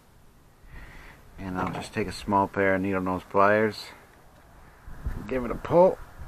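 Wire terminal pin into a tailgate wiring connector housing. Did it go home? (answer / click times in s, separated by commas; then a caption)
no / none. A wire terminal pin being fitted into the back of a plastic Dodge Ram tailgate wiring connector housing, part of a connector swap to get the backup camera working again, is handled while someone talks; faint handling noise sits under the speech. The pin is about to be pulled through with small needle nose pliers until it locks, but nothing has seated or clicked yet by the end of the clip.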